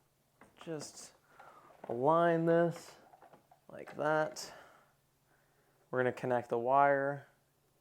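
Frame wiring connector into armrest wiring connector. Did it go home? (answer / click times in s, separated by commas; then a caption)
no / none. Someone talks while lining up the wire from the frame with the armrest's plastic wiring connector during assembly of a Ninebot Mecha Kit, with a couple of faint handling sounds early on. The connector is only being handled here; nothing has seated or clicked yet.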